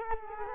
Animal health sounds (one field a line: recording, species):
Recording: mosquito wingbeat signal from an infrared sensor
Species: Culex quinquefasciatus